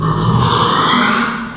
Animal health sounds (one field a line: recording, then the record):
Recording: squeal of a Yucatan mini pig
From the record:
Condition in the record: after surgery on the right vocal fold (resection and tissue-engineered implant)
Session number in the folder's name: 15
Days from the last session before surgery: 175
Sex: female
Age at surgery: 19 weeks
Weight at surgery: 25 kg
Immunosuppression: prednisolone